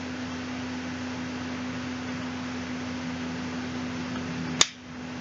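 A left-hand-threaded muzzle device is screwed onto the threaded muzzle of an AK rifle barrel against the spring detent until finger-tight, then backed off. Over a steady low hum, a single sharp click at 4.6 s marks the detent pin snapping into a notch. The muzzle device is seated and locked in place.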